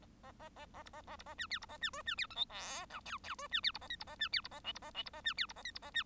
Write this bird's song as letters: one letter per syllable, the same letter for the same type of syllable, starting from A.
A A A A A B A A B A C D B A C E C D F G H I J J E C D B A K B A C D B A L B A L B A C D B A K B A C